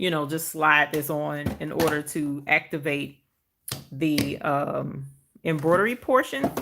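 Someone talks while an embroidery unit is slid onto the arm of a sewing machine to activate its embroidery mode. No distinct handling sounds stand out over the voice, and nothing has seated or clicked into place yet.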